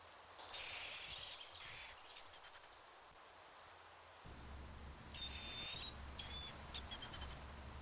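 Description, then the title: Hazel grouse giving two thin, very high whistled songs separated by a pause, each a long drawn note, a shorter falling one, then a quick run of tiny notes. "Viikon luontoääni: Pyy"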